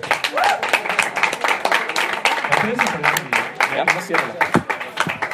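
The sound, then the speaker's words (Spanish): Loud audience applause for a young man who answered a Spider-Man trivia question, many hands clapping in a dense, rapid patter that holds steady for the whole stretch, while voices shout and talk underneath. “¡Un fuerte aplauso!”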